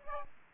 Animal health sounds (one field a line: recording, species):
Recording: mosquito wingbeat signal from an infrared sensor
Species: Aedes aegypti